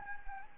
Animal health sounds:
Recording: mosquito wingbeat signal from an infrared sensor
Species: Anopheles gambiae

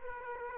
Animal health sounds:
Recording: mosquito wingbeat signal from an infrared sensor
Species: Aedes aegypti

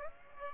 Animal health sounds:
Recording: mosquito wingbeat signal from an infrared sensor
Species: Aedes aegypti

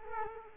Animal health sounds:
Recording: mosquito wingbeat signal from an infrared sensor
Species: Culex quinquefasciatus

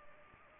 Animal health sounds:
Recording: mosquito wingbeat signal from an infrared sensor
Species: Culex pipiens

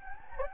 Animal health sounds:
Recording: mosquito wingbeat signal from an infrared sensor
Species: Anopheles gambiae

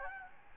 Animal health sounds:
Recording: mosquito wingbeat signal from an infrared sensor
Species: Aedes albopictus

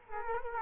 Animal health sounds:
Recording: mosquito wingbeat signal from an infrared sensor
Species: Culex quinquefasciatus

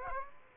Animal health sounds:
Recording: mosquito wingbeat signal from an infrared sensor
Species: Aedes aegypti

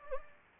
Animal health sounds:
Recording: mosquito wingbeat signal from an infrared sensor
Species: Anopheles gambiae

